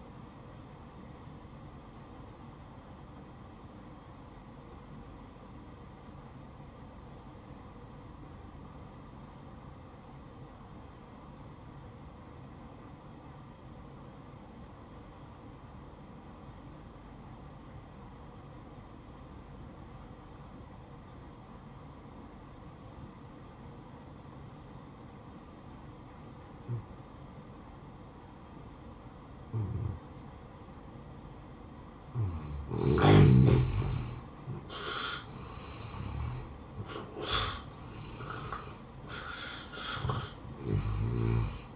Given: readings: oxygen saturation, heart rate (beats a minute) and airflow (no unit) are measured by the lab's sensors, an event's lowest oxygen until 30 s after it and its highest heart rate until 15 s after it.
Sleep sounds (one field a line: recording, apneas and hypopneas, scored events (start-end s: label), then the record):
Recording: breathing in sleep by a smartphone at the bedside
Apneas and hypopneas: 1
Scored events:
7.00-33.90 s: obstructive apnea (N1, oxygen 95% highest, then 83% lowest, heart rate 58 at the start, 76 highest)
15.00-41.76 s: new sleep stage, N2 (light sleep)
From the record:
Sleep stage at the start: N1 (lightest sleep)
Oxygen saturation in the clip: 84 to 95%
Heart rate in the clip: 58 to 73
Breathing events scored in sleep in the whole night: 573 in 9.8 hours asleep